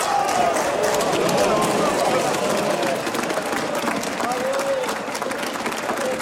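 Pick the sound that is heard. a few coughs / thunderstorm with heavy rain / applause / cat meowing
applause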